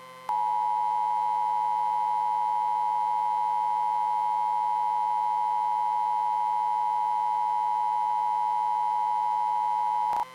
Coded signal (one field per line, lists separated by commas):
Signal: Emergency Alert System (SAME) tones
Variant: 853 and 960 Hz attention tone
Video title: EAS scenario - Las Vegas Enderman invasion (2016) - Part 2